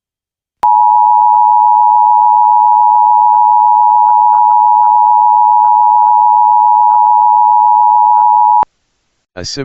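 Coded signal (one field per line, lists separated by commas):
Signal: Emergency Alert System (SAME) tones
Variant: 853 and 960 Hz attention tone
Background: speech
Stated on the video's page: Amber Alert tones carried during a cartoon programme, Monterey area.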